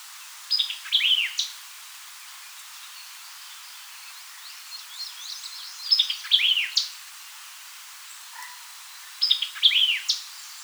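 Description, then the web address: White-eyed vireo song phrases, each a snappy jumble of down-slurred whistles about a second long, given three times; faint chips in between. Recorded 4 January 2007. "White-eyed Vireo 2007 01 04"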